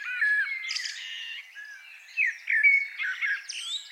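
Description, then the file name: Eurasian blackbird singing, a run of fluted, warbling whistles with rising and falling slurs, some harsher notes between. "Turdus merula"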